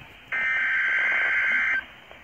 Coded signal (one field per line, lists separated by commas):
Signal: Emergency Alert System (SAME) tones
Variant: header bursts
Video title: Child Abduction Emergency (AMBER ALERT) Newberry, South Carolina NOAA Weather Radio